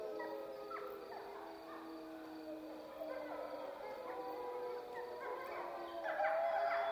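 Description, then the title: Wolf: several wolves howling together, steady low howls layered under choppy yips and wavering higher calls that grow louder near the end. Soundscape at Freita. "Wolf Soundscapes 10 Freita Melissa Pons"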